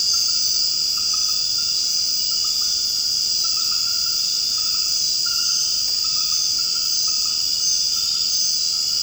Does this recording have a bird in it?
no